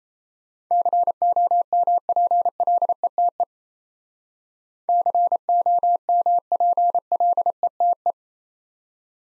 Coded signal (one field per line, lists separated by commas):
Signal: Morse code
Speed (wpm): 33 wpm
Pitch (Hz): 700 Hz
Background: none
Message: COMPLETE COMPLETE